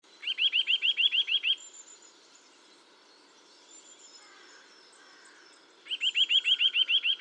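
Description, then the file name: Eurasian nuthatch, rapid series of about nine clear whistled notes, a pause of several seconds, then a similar fast series running to the end; faint high sounds between. "Sitta europaea"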